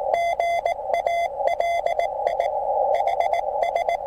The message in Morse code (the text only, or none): GALI HS